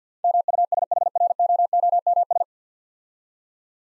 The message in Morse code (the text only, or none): MUSHROOMS